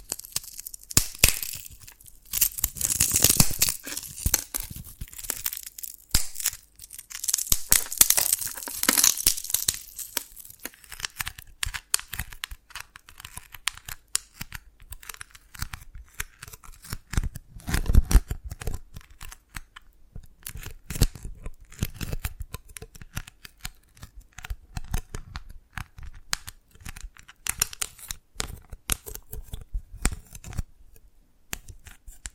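Tapping and cracking on dalgona candy, a dense stream of small sharp clicks and snaps throughout. The first ten seconds carry bright, hissy scraping bursts around three and eight seconds, then the taps turn sparser and drier, with a heavier crack near eighteen seconds.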